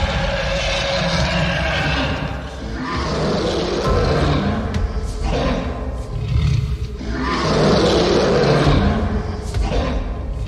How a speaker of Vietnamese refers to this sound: Cửu lão tiên đồ ấn đang phiêu phù ở trên đầu của Bạch Tử Cống, vang lên một tiếng rồng gầm đến kinh thiên động địa. Long mạch từ trong cửu lão tiên đồ ấn bay ra gào thét.